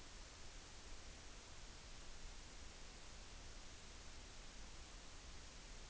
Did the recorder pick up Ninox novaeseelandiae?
no